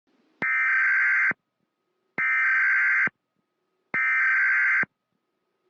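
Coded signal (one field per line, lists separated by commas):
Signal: Emergency Alert System (SAME) tones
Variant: header bursts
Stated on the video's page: Happy Tree Friends-themed Civil Danger EAS alert, apparently a fictional scenario.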